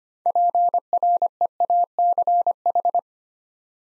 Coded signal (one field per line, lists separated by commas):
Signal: Morse code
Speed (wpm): 25 wpm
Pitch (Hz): 700 Hz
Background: none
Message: PREACH